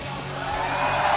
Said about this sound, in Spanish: Ahí está, un aplauso de mi público. De mi público enlatado.